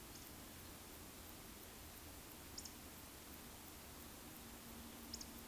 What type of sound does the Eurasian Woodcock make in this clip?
whistle